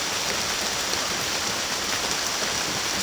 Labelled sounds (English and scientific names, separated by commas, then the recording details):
none
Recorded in secondary vegetation near Puerto Asís, Putumayo, Colombia, on 30 June 2025 at 15:00
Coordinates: 0.500, -76.326
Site GP08